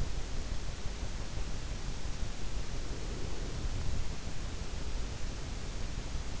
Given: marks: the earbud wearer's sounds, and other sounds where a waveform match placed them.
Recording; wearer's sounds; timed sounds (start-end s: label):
sounds in sleep by an in-ear microphone; breath
2.74-3.91 s: breath